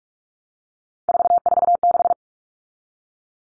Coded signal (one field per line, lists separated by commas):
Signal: Morse code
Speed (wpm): 44 wpm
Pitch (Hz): 700 Hz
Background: none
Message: 446